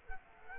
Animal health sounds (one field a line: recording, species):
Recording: mosquito wingbeat signal from an infrared sensor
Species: Culex quinquefasciatus